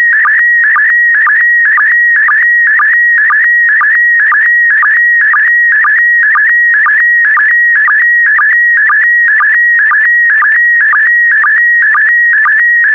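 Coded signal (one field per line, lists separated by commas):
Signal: SSTV (slow-scan television)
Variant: PD120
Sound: steady warbling high tone with rapid regular chirpy blips, about two per second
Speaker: complete. You can now check your decoded image against the picture that is shown on the video.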